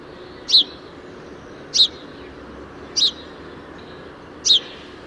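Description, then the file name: House sparrow chirps, four short bright calls spaced about every one and a quarter seconds over steady low background noise. "Passer domesticus"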